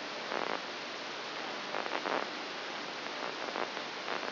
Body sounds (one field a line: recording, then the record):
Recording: brain microelectrode recording played as sound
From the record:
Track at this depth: outside the subthalamic nucleus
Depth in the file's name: 6.501 mm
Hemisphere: right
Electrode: 2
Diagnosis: Parkinson's disease